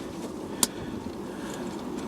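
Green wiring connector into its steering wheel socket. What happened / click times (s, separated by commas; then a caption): The wiring connector clicked into its socket / 0.6 s. During a steering wheel replacement on a Mercedes CLK 500, the green wiring plug is pushed into its socket on one side of the steering wheel. A single sharp click at 0.6 s marks the connector seating over a steady low background hum. It is confirmed clicked back in before work moves on to the yellow connector.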